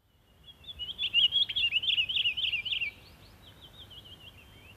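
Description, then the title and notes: Pine Grosbeak song: a fluent, rapid warbling phrase of high chirping notes lasting about two seconds, followed by a softer trailing twitter. "Taviokuurna. Jussi Salokorpi"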